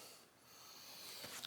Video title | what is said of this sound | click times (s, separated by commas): 1968 GTO TH400 Transmission Rebuild - Final Assembly - Part 5 | will click in there we go | 1.5 s